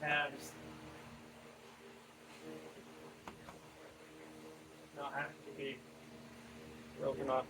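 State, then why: Seated. While replacing the window regulator unit on a 2002+ Mini Cooper (R56/R57), the wiring connector is reconnected to the window regulator motor, and its little clamp gives a short, sharp click at 3.3 s as it locks into place. Someone talks before and after the click over a steady low hum.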